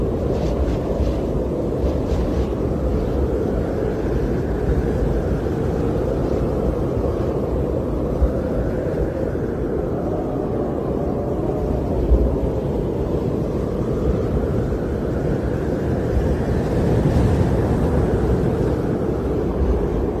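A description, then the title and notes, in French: Polar wind blows steadily and densely, a deep low roar that never lets up across the whole stretch. Slow swells rise and fall in its tone every few seconds, near 9, 17 seconds, with faint brighter whistling gusts above the rumble. Tempête polaire Antarctique. Le souffle du vent polaire en Antarctique. Le vent polaire, avec sa force puissante et constante, crée un bruit enveloppant et hypnotisant.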